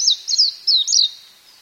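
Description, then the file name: Warbling white-eye song: a brief high, thin twittering of quick descending slurred notes, a few short bursts in under two seconds. "mejiro"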